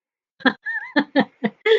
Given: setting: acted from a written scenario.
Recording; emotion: vocal sound without words; amusement